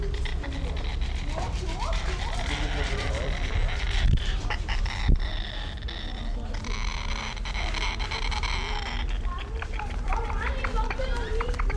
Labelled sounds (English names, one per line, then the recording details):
White Cockatoo
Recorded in captivity
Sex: pair
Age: adult
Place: Zoo Berlin, Berlin, DE
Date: 1994-07-16 11:42
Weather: sonnig, 22-26°C
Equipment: Marantz CP 430, Sennheiser ME 80, Kopie Uher Variocord 263
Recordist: Tembrock, Günter